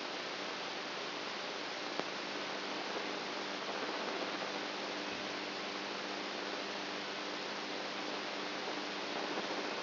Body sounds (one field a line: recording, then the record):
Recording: brain microelectrode recording played as sound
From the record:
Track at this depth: outside the subthalamic nucleus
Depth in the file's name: 15 mm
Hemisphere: right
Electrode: 2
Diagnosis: Parkinson's disease